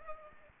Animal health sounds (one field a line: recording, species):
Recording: mosquito wingbeat signal from an infrared sensor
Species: Culex pipiens